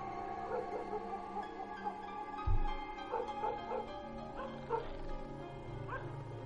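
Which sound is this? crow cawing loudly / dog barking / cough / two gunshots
dog barking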